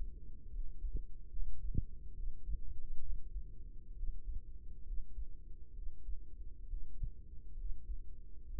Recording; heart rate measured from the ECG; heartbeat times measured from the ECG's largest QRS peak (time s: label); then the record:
heart sounds by microphone in the right ear; 68 bpm
0.49 s: heartbeat
1.30 s: heartbeat
2.13 s: heartbeat
3.00 s: heartbeat
3.93 s: heartbeat
4.83 s: heartbeat
5.72 s: heartbeat
6.66 s: heartbeat
7.55 s: heartbeat
8.44 s: heartbeat
From the record:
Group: healthy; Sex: male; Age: 35 years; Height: 178 cm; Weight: 64 kg